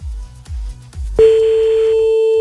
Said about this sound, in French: Dès que tu n'entends plus la musique ou des sonneries, c'est que quelqu'un a décroché.